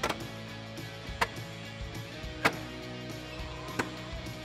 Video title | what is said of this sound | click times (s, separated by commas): Jeep Wrangler JL Mopar Replacement Grille Assembly (2018-2019) Review & Install | Just line up all your clips on the bottom and just firmly press it in so you hear them snap. | 0.0 s, 1.2 s, 2.5 s, 3.8 s